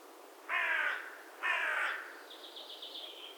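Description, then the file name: Carrion crow uttering two rough, drawn-out caws, followed by a softer rattling trill over faint background noise. "Corvus corone"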